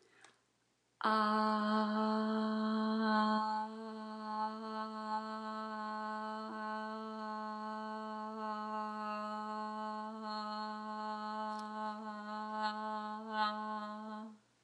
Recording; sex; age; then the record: vowel held as long as possible; female; 30 to 39 years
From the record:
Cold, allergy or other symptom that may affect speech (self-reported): no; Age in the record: 33 years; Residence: South Carolina, United States